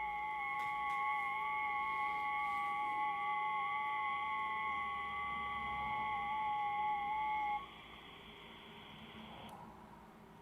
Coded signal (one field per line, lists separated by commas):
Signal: FT8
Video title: ICOM IC -705 LIVE- FT8 after firmware update